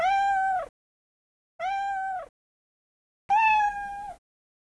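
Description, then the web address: Cat meowing: three drawn-out, even-pitched meows with rich harmonics, each under a second long, separated by pauses of about one second, the last slightly louder. "Seer Content Gamigo NA ressound SFX Cat"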